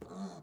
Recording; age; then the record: pig call; piglet (1 to 25 days)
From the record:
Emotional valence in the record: negative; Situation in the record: short isolation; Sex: male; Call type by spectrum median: low-frequency call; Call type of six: mixed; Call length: 0.43 s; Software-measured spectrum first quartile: 197 Hz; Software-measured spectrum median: 372 Hz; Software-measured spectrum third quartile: 930 Hz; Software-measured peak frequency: 189 Hz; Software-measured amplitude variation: 117 dB a second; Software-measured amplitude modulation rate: 16.4 a second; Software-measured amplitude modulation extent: 7.1 dB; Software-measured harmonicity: 4.3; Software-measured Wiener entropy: -0.35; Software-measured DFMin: 1300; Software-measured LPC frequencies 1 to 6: 3623, 4238, 6059, 7037, 7981, 9780 Hz